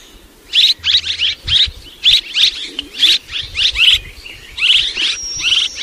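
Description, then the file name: Swallow chirps in an uneven run of sharp high notes, with a thin whistle near the end. "Tieng en nguc ran en vang"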